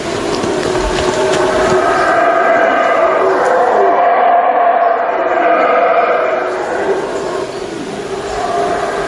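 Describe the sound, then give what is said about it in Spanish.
Howler monkeys in the jungle, heard from the top of a pyramid, roar together in a loud, unbroken chorus, a deep rumbling drone with layered moaning tones that swells and holds for several seconds, with no one talking. “Insistimos en la parte de arriba de una pirámide y lo que se oyen son monos aulladores.”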